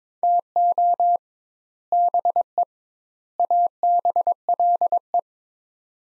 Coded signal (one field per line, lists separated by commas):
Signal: Morse code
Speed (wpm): 21 wpm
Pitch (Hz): 700 Hz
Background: none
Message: TO BE ABLE